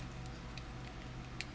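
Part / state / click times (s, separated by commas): rotating plastic section into the figure body / not seated / none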